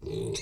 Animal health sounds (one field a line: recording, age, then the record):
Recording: pig call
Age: weaner (32 to 43 days)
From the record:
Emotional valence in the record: negative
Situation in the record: short isolation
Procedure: open field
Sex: female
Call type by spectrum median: low-frequency call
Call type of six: mixed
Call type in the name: high-frequency modulated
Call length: 0.42 s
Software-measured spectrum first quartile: 306 Hz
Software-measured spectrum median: 807 Hz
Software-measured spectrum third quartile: 4962 Hz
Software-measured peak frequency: 392 Hz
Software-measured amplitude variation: 143 dB a second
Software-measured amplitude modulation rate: 30.1 a second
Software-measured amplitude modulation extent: 4.8 dB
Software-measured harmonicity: 3.6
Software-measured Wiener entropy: -4.57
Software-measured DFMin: 1205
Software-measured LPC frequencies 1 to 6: 398, 2259, 2598, 3751, 4113, 5622 Hz